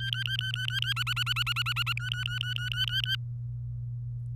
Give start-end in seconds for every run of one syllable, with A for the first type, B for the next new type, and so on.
0.00-0.93 A, 0.96-1.93 B, 1.97-3.15 A